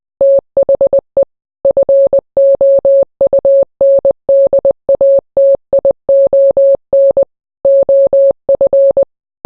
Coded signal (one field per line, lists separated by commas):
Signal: Morse code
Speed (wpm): 20 wpm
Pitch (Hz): 550 Hz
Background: none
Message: THE FOUNDATION OF